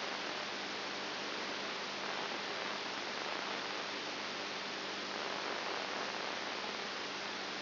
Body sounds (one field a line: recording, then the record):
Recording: brain microelectrode recording played as sound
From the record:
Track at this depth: outside the subthalamic nucleus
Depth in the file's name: 6.7 mm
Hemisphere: right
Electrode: 2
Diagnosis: Parkinson's disease